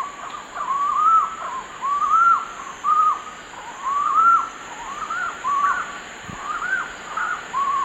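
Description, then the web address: Collared puffbird song, a series of arched, rising-then-falling whistled notes in short bursts, with a constant high insect drone behind. South America, eastern lowlands. "Natures Songs S America Eastern Lowlands. Collared Puffbird"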